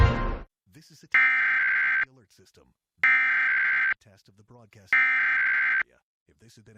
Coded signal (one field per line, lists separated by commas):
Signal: Emergency Alert System (SAME) tones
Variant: header bursts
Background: speech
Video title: Pennsylvania Required Monthly Test (EAS #757-762) 8/17/23